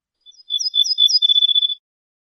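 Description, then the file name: Ortolan bunting song: a short phrase of high ringing notes, a steady tone with quick overlaid chirps, lasting about a second and a half against silence. "suara kicauan ortolan"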